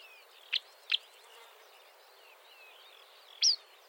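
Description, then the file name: Marsh warbler singing softly, a faint running twitter broken by three loud, harsh clicking notes, two close together early and one near the end. "suara kicauan burung marsh warbler. omkicau"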